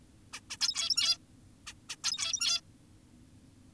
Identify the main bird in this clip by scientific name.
Taeniopygia guttata